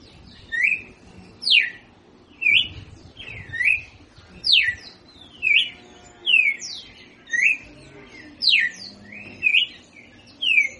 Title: Canto Galo Campina Fêmea. Cardeal do Sul - 4 notas